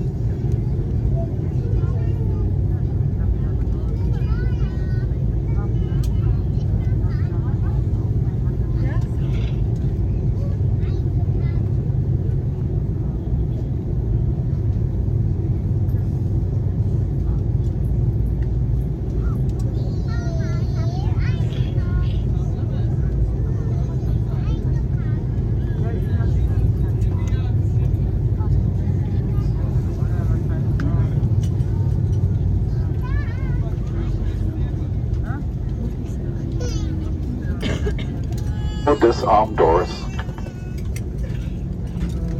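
Steady low engine roar fills an airliner cabin throughout, dense and unchanging. Murmured voices and small clinks surface over it, with a brief brighter tonal sound around 20 seconds and a louder rising tone near 38–40 seconds.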